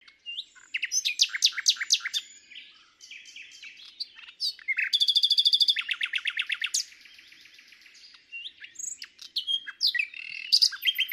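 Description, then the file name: Common nightingale song: loud repeated sharp notes, then a fast, rattling trill of many clipped elements, followed by varied chirps and scattered whistles. "Luscinia megarhynchos"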